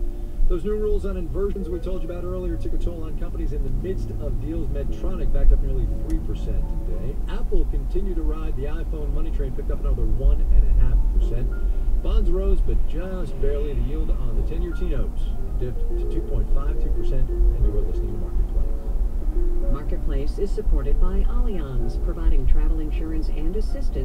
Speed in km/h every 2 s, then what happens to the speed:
24, 29, 35, 39, 42, 44, 45, 47, 48, 48, 50, 50.
0-9 speeds up to 44. 9-24 steady at about 48.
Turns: none.